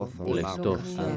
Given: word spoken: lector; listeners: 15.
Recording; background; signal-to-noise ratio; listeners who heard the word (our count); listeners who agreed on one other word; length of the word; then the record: one Spanish word in noise, from a listening test; four-talker babble; 1.0 dB; 1 of 15; 7 of 15; 0.77 s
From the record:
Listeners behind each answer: 7, 2, 1, 1, 1, 1, 1, 1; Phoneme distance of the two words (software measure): 34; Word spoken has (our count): 2 syllables, 6 phonemes, stress on syllable 2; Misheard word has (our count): 2 syllables, 4 phonemes, stress on syllable 1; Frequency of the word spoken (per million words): 47.09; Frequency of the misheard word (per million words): 4.30